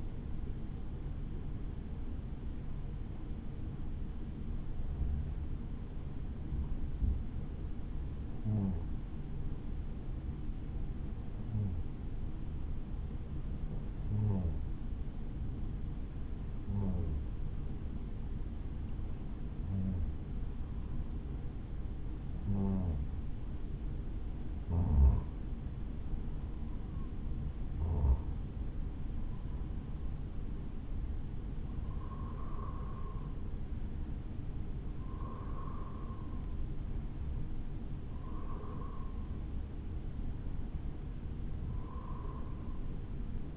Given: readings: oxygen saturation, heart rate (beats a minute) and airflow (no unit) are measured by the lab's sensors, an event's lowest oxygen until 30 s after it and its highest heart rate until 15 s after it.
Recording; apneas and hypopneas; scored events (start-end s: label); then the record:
breathing in sleep by a smartphone at the bedside; 1
8.00-22.90 s: hypopnea (N1, oxygen 96% highest, then 93% lowest, heart rate 59 at the start, 59 highest)
From the record:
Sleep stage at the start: N1 (lightest sleep); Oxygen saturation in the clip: 93 to 96%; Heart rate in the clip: 53 to 70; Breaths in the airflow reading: 15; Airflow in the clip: -5.1 to 6.0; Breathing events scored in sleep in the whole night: 216 in 7.0 hours asleep